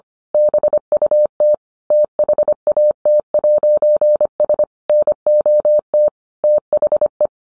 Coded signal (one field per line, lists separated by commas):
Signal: Morse code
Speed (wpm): 25 wpm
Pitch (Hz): 600 Hz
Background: none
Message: BUT THAT'S NOT THE